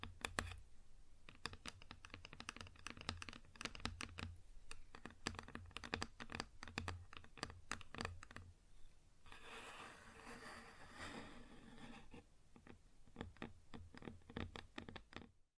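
Fingers tap and scratch on a wooden surface in quick, irregular bursts of sharp clicks, much like typing on a keyboard. Around nine to twelve seconds the taps give way to a denser, hissing scrape, then the rapid tapping returns until the end.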